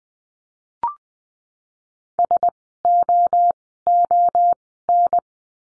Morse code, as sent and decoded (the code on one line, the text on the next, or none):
... / --- / --- / -.
S O O N